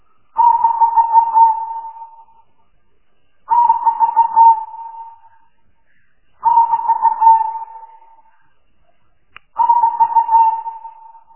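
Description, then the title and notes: Spotted dove cooing: four hoarse, buzzy coo phrases, each starting loud then fading over about two seconds, repeated roughly every three seconds, with silence between. Lure calls used to attract spotted doves for trapping. "Pikat Burung Tekukur. suara burung tekukur"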